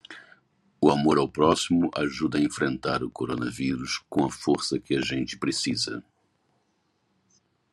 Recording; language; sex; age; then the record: spoken sentence; Brazilian Portuguese; male; 60 to 69 years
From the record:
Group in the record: control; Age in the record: 64 years